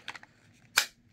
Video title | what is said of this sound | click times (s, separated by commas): Custom Modified Hunter in 20 CV by Robert Mcgibbin @ Niche Custom Blade Works ! | just you guys know I love that positive click | 0.8 s